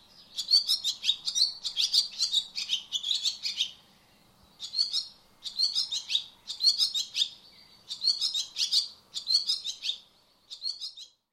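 Barn swallow giving fast, scratchy high twitters in clustered bursts, a brief pause about a third of the way in before the chattering resumes.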